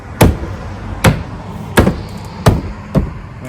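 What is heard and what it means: The plastic interior trim panel around the reverse light access on a GR Corolla is pressed back on, its retaining clips pushed home into the car body panel one after another. Sharp snaps are heard at 0.2, 1.1, 1.8 and 2.5 seconds, followed by a softer one near 3.0 seconds. The clips are seated and the panel is back in place.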